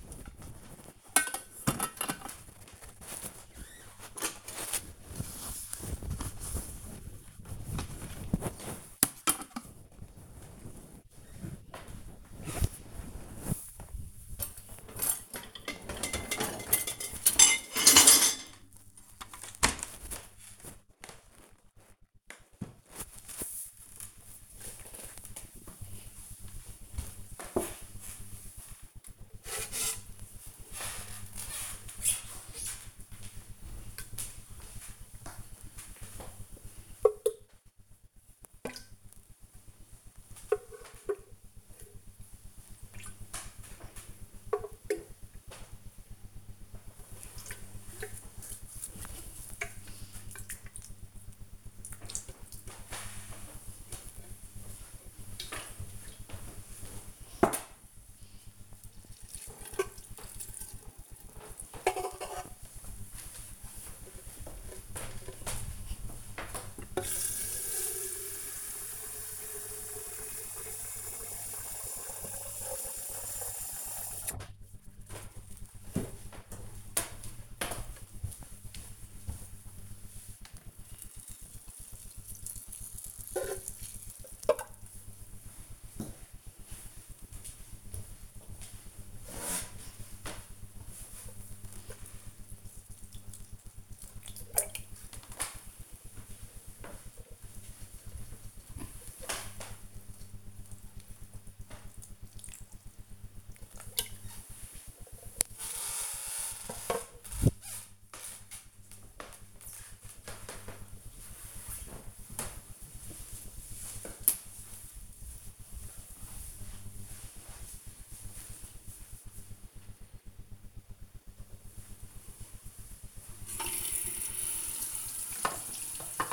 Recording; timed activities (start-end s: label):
household activities, microphone on the right wrist
0.00-17.57 s: cleaning out the dishwasher
28.66-105.15 s: watering plant
121.22-126.33 s: washing hands